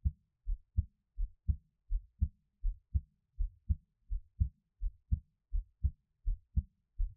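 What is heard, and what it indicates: Steady paired low thumps, a lub followed closely by a dub, repeat at about 82 beats a minute in a regular rhythm. This is an adult's own heartbeat heard up close in a quiet room for ASMR, with no talking or other background sound.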